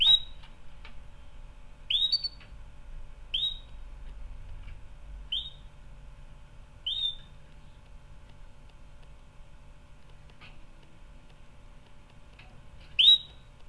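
Canary notes: single sharp upswept whistles at irregular intervals, with soft ticks between and a long quiet gap.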